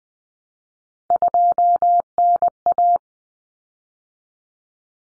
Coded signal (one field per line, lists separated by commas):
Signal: Morse code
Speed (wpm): 20 wpm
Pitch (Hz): 700 Hz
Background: none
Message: 2NA